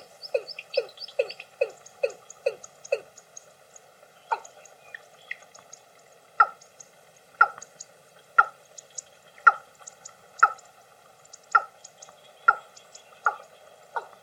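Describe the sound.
Watercock calling with hollow notes, a rapid burst at first, then slowing to about one note per second, background otherwise quiet.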